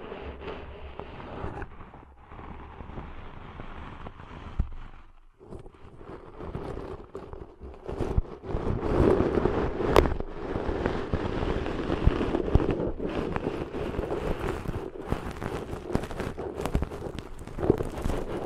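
Ear cleaning sounds, a dense crackling, scratching rustle made of rapid, irregular pops and scrapes. It starts softer, drops almost to silence around five seconds, then grows louder and busier from about eight seconds on, with sharp clicks standing out over a low rumble.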